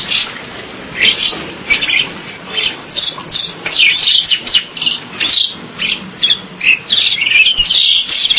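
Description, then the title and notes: Bali myna repeating short, scratchy chattering notes at a quick, uneven pace, with occasional whistled slurs. "Jalak Bali. Kicau Burung Jalak"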